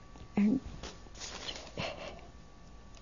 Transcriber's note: she rustles papers